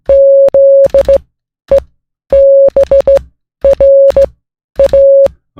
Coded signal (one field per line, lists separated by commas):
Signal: Morse code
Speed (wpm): 16 wpm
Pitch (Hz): 550 Hz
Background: music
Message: ZEBRA